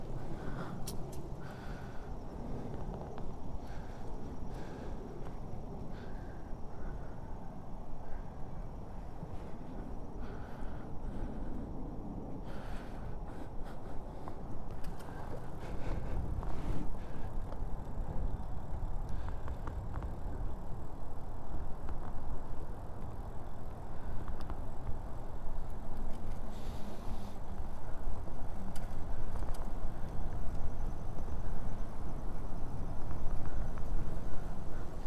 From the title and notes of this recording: A stereo recording of a bike ride from Orchard Beach to our house in Mount Vernon.